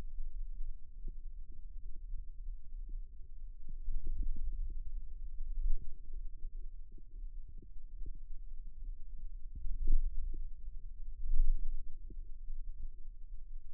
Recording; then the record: forearm muscle sounds (acoustic myography)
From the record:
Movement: radial deviation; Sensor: system 2, bracelet of six BSWA MPA416 microphones around the upper forearm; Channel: 4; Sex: male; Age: 22 years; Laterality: right